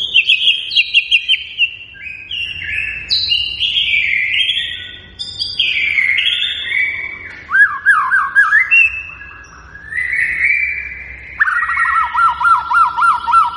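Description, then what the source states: White-rumped shama song, a long run of clear whistles and buzzy trills shifting in pitch, ending in a rapid rolling warble repeated several times. Lure recording meant to make the bird respond; described as a strongly singing bird.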